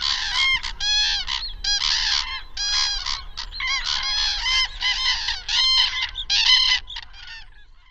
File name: Grue cendree